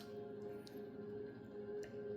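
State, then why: Not seated. A plastic button piece for the left side of a PS5 DualSense (v1) controller, held upside down, has its small guides lined up with the slots in the controller housing during reassembly. Against a steady tonal hum, there is a faint, brief high tick at about 0.7 s and another soft tick near 1.8 s. Nothing has seated or clicked into place yet.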